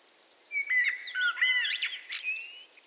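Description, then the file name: Eurasian blackbird delivering one continuous, flowing whistled warble of varied fluty notes, sliding up and down. "Turdus merula"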